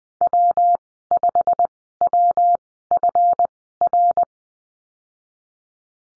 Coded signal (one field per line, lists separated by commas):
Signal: Morse code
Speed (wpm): 20 wpm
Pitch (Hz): 700 Hz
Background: none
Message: W5WFR